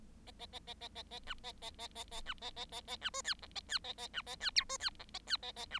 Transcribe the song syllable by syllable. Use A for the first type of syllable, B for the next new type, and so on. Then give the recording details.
A A A A A A A B A A A A A B A A A A B C D E A D A A B A D F C D E A D A A B. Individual Bird7